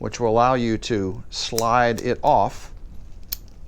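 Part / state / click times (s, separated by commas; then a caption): small light in a locking swivel camera mount / released / 3.3 s. Someone talks while pressing the latch at the bottom of a locking swivel camera mount, which holds a small light locked in place so it doesn't fall off. After the talk, a sharp click sounds at 3.3 s, and the light is released to slide off the mount.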